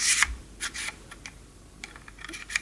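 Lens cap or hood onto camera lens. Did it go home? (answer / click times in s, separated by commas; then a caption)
no / none. A lens cap or hood is pushed back onto a new Samyang 35mm f/2.8 FE lens, producing short rubbing and scraping bursts with sharp handling taps around 0.2 and 2.6 seconds. Nothing clicks into place; the cover does not click on properly.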